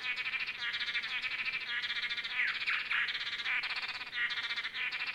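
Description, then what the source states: Blue-backed manakins in a buzzy, nasal calling chorus. Several birds calling together.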